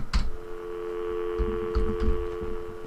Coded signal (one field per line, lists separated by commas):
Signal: telephone call progress tone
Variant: North America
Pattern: dial tone